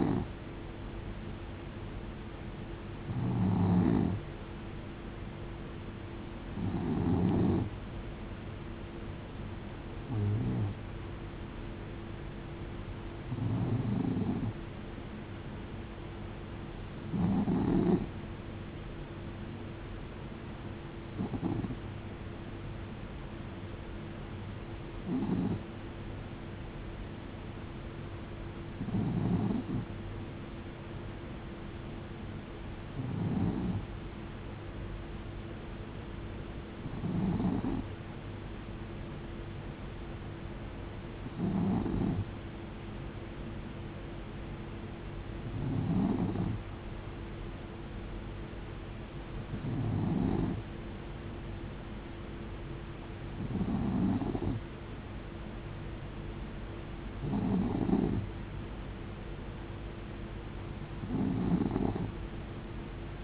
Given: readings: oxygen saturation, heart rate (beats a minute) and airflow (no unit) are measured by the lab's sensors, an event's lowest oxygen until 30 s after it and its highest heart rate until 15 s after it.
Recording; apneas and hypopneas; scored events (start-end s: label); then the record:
breathing in sleep by a voice recorder at the bedside; none
none scored
From the record:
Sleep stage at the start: N2 (light sleep); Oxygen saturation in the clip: 91 to 92%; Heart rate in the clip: 66 to 76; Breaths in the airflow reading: 16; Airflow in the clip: -7.1 to 4.6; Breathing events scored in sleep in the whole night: 389 in 6.3 hours asleep